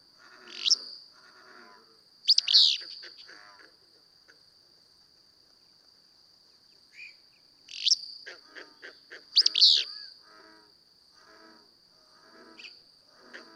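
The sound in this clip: Willow flycatcher singing several abrupt, burry phrases, with a steady high hum and lower chattering notes in the background.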